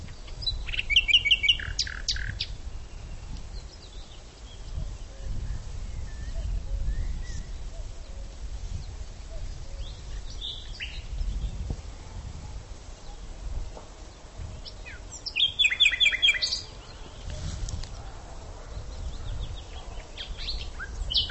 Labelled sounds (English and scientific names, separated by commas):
Common Nightingale (Luscinia megarhynchos) song